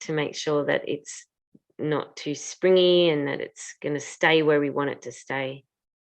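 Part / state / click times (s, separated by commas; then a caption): metal jump ring closing into a chainmail weave / not seated / none. A metal jump ring in a chainmail weave is worked back and forth with pliers to close it, which work-hardens the metal so it is not too springy and stays in place. Someone talks throughout the clip. The ring ends have not clicked closed yet, and nothing has seated.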